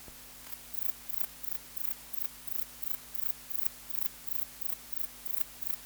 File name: Platycleis albopunctata